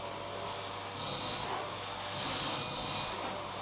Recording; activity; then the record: daily activity, microphone in the room; vacuum cleaning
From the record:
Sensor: 1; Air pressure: 1009.6 hPa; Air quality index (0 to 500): 194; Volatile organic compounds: 19 ppm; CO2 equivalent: 2653 ppm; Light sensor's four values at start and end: 31/78/33/39 and 31/79/33/39